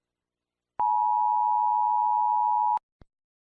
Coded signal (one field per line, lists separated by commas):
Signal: Emergency Alert System (SAME) tones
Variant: 853 and 960 Hz attention tone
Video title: EAS Scenario - The Great Earthquake (Part 4)